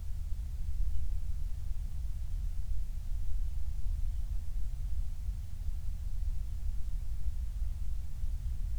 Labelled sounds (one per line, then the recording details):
near silence
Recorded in the Prudhoe Bay oil fields, Alaska, on 28 July 2019 at 05:37
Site 25